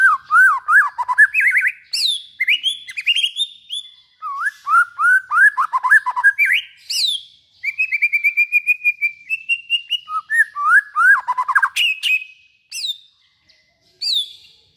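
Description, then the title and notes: White-rumped shama delivering fast, varied song with chattering bursts, slurred whistles and a steady run of rapid same-pitch notes, in quick series. Long-duration song used as a lure for trapping. "Pikat Murai Batu Durasi Panjang. Burung Murai Batu"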